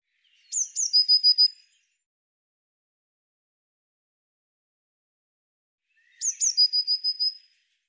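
Eurasian blue tit giving two calls, each a couple of sharp high notes followed by a quick run of thin, even trilled notes, separated by several seconds of quiet.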